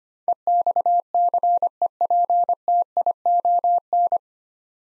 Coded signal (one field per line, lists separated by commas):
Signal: Morse code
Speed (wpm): 25 wpm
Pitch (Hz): 700 Hz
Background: none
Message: EXCEPTION